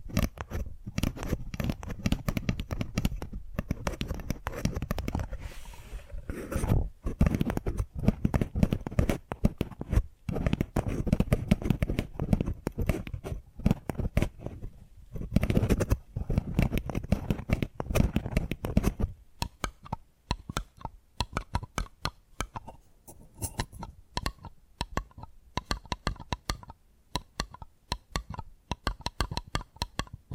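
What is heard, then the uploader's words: Tapping triggers: dense, rapid taps and clicky scrapes with a full low body for the first twenty seconds, briefly thinning around six and fifteen seconds. After about nineteen seconds the taps turn sparser, crisper and lighter, coming in quick irregular bursts with short gaps. ASMR 10 Addictive Tapping Triggers. (No Talking).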